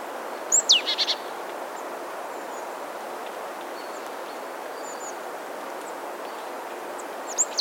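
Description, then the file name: Marsh tit call: one sharp descending note and a brief buzzy burst near the start, then mostly steady hiss with a faint note at the end. "Poecile palustris"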